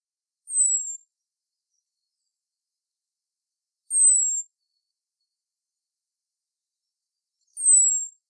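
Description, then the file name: Common blackbird calls: three drawn-out, very high, thin whistles that slide slightly downward, spaced about three and a half seconds apart in silence. "Turdus merula"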